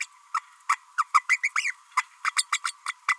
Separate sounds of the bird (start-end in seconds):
0.00-0.06, 0.34-0.41, 0.69-0.77, 0.97-1.04, 1.14-1.24, 1.29-1.39, 1.42-1.50, 1.55-1.75, 1.97-2.04, 2.24-2.32, 2.35-2.44, 2.52-2.59, 2.64-2.72, 2.86-2.93, 3.08-3.17